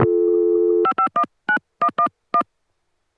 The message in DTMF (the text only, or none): 5519111